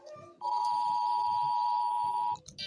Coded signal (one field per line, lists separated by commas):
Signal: Emergency Alert System (SAME) tones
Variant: 853 and 960 Hz attention tone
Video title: 5 minutes of eas alarms that sound the same (deleted the original)